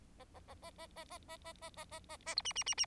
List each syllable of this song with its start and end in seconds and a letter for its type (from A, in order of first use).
0.19-0.24 A, 0.34-0.40 A, 0.47-0.55 A, 0.62-0.70 A, 0.78-0.87 A, 0.95-1.04 A, 1.10-1.18 A, 1.28-1.36 A, 1.44-1.53 A, 1.61-1.70 A, 1.76-1.85 A, 1.91-1.99 A, 2.09-2.17 A, 2.26-2.35 A, 2.37-2.42 B, 2.45-2.53 C, 2.55-2.63 C, 2.66-2.74 C, 2.77-2.86 C